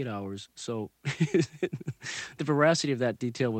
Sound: laughs

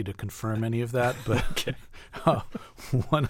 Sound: laughter

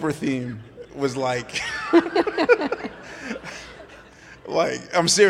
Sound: laughter

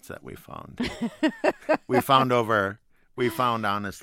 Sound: laughter

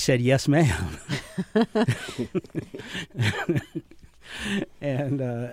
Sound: laughter

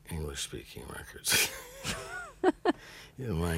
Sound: soundbite of laughter

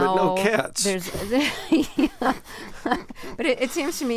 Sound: laughter

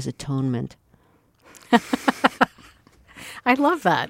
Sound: laughter

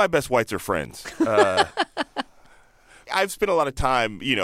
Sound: laughter

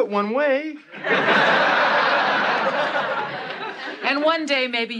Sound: laughter

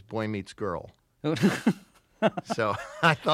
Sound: soundbite of laughter

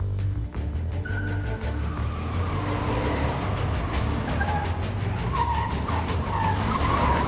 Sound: soundbite of car screeching

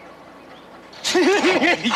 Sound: soundbite of laughter, gunshots

